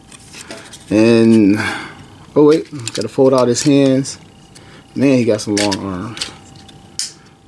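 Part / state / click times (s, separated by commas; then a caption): plastic toy hand folding out of a robot figure's arm / seated / 7.0 s. A plastic hand folds out of a robot toy figure's arm. Someone talks, with small handling sounds, before a sharp plastic click at 7.0 s as the hand locks into place.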